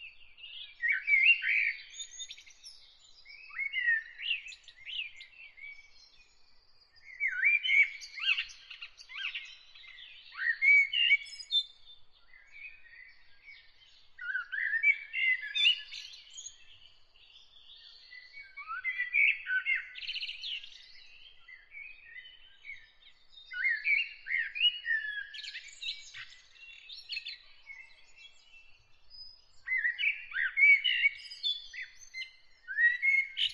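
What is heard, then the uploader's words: A bird sings in the morning, repeating bright, warbling phrases every few seconds with short pauses, clear over a quiet background. Best sounds Bird in the morning.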